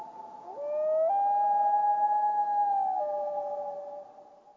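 Common loon giving a long, drawn-out wail that steps up in pitch, holds steadily, then drops slightly and fades.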